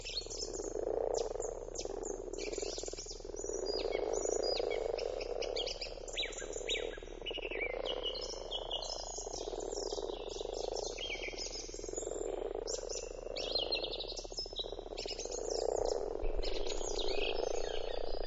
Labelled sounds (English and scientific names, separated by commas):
Common Frog (Rana temporaria) call